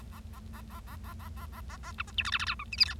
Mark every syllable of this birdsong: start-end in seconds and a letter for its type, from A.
0.00-0.02 A, 0.12-0.20 A, 0.33-0.40 A, 0.53-0.61 A, 0.70-0.80 A, 0.87-0.96 A, 1.04-1.13 A, 1.19-1.28 A, 1.37-1.46 A, 1.53-1.61 A, 1.69-1.77 A, 1.83-1.92 A, 1.98-2.02 B, 2.07-2.11 C, 2.18-2.23 D, 2.25-2.31 E, 2.32-2.38 F, 2.39-2.45 F, 2.46-2.54 G, 2.59-2.64 H, 2.72-2.76 I, 2.78-2.85 J, 2.85-2.94 K